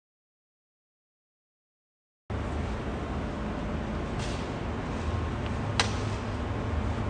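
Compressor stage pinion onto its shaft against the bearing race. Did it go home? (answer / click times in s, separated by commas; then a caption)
yes / 5.8 s. A stage 3 or stage 5 compressor pinion is slid over its shaft during an Atlas Copco ZR5 compressor overhaul until it seats against the bearing race. After silence, steady broadband background noise begins at 2.3 s, with a sharp, brief click at 5.8 s. The click marks the pinion seating properly against the bearing race.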